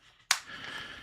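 A press-stud snap fastener on the corner of a neoprene dice tray is pressed together so the tray's wall stands up. A single sharp snap sounds at 0.3 s, and the fastener snaps into place. A faint steady hiss follows.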